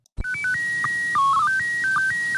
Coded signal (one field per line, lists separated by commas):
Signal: SSTV (slow-scan television)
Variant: PD 120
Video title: How to receive an image from the Space Station (ISS) using an SDRplay radio